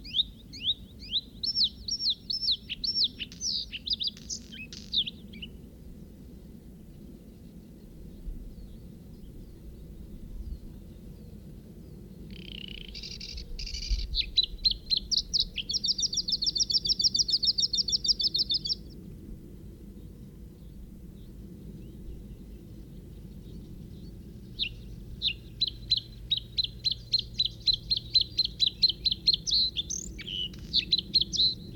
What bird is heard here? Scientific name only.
Luscinia svecica